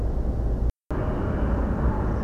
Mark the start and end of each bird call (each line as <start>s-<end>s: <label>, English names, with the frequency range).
2.07s-2.24s: European Pied Flycatcher (4.6-7.1 kHz)